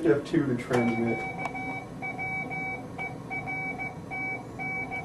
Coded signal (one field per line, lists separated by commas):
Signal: Morse code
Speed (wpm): 15 wpm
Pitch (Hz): 2300 Hz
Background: speech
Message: QWERTN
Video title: Radio Interface Vic20, C64 Part l